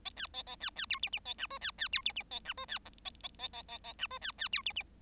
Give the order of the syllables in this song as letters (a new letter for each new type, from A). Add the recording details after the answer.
A B A A B B C D D A E F B B C D D A E F B G A A A A A A E F B B C D D. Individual Bird7